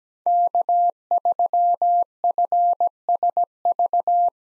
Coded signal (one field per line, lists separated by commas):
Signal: Morse code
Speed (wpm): 17 wpm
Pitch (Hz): 700 Hz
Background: none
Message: K3FSV